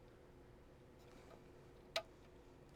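The front grille of a 1:8 scale Agora Models 007 Aston Martin DB5 (No Time To Die) diecast model car, pack 11 build, is flexed slightly and pressed into the front of the body. Against a quiet background, a single sharp click sounds at 2.0 s as the grille snaps into place and seats.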